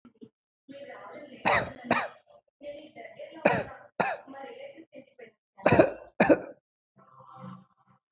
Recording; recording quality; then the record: shallow voluntary cough; excellent, no background noise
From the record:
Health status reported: healthy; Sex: male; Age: 38 years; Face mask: not worn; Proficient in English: yes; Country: India